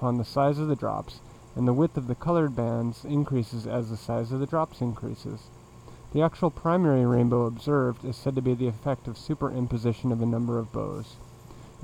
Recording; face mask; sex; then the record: reading aloud; surgical mask; male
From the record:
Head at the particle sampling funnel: facing it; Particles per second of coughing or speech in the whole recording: 0.232